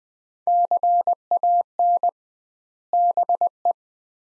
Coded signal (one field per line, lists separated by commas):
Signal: Morse code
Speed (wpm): 20 wpm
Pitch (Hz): 700 Hz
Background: none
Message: CAN BE